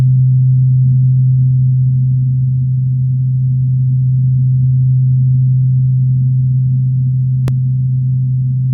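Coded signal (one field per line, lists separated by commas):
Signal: radar signal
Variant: CMOR meteor radar carrier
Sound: steady low hum-like tone around 140 Hz, with one sharp click near the end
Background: radio static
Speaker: so that was a really great uh signature you could see how we were able to isolate uh one individual carrier and look at it on the the oscilloscope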